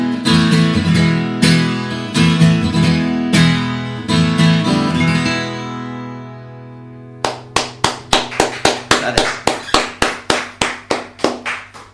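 A song with steady sung notes fades out, then a few people clap in a slow, even rhythm, about a dozen sharp, loud claps with nobody talking.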